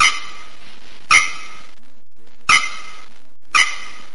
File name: Canto da araponga do nordeste